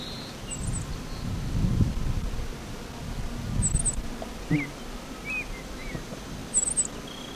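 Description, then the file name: Black-masked finch: a very high, thin buzzy note repeats every three seconds over low rumbling noise, with a few faint, brief chirps. "Coryphaspizamelanotisjmb"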